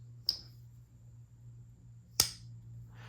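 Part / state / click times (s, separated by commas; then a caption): slip-joint knife blade snapping open or closed against its spring in the handle / seated / 0.3 s, 2.2 s. A LionSteel Thrill slip-joint folding knife blade is opened and closed against its strong backspring in the handle, giving two sharp snaps at 0.3 s and 2.2 s over a steady low hum. The blade snaps into position each time with firm action.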